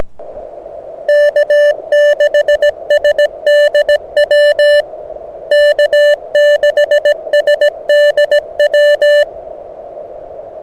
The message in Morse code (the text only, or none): K6SDW K6SDW